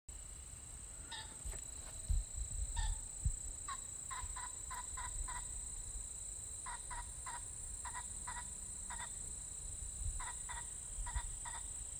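An unidentified bird repeats short, sharp calls in quick bursts across the clip, over a steady high hiss and occasional low thumps.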